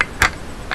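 The shackle of an antique 1920s Joseph Lucas Gem No. 4 metal cycle padlock is pushed into the lock body and clicks shut. Sharp metallic clicks are heard at 0.0 s and 0.2 s, followed by a fainter click near 0.7 s. The shackle is seated and locked.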